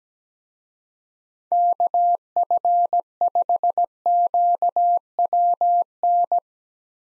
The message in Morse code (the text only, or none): KF5QWN